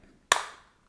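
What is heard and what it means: The connecting blade that joins the two shield halves of an HL Pro Metaltech 04 Gin Gin Metal Edition Grendizer die-cast metal robot figure is pressed home to put the figure into saucer mode. One sharp, loud snap sounds at 0.3 s, and the parts are seated, fitting perfectly.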